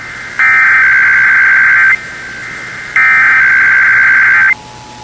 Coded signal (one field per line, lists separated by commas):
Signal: Emergency Alert System (SAME) tones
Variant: header bursts